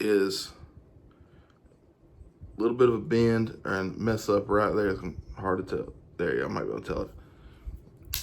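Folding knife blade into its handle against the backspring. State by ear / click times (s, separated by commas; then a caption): seated / 8.1 s. Someone talks about a vintage folding pocket knife, then its blade is closed into the handle against the backspring. It snaps shut into place with a sharp, loud snap at 8.1 s, a sign of a good spring.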